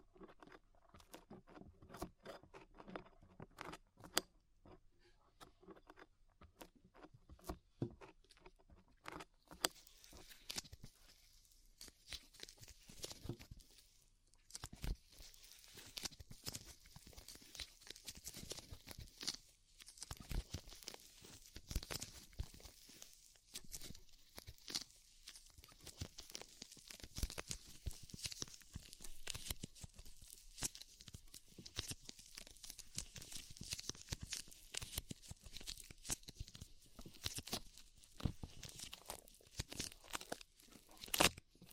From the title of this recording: Tingly Ear Cleaning Rhinestone & Clay Removal